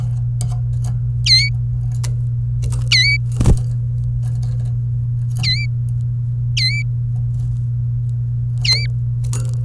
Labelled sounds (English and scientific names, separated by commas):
Domestic Canary (Serinus canaria) song